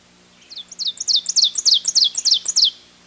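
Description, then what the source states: Ovenbird song: several quick, sharp two-part phrases repeated in a steady series, growing louder at first, then stopping abruptly. Recorded on 30 May 1998.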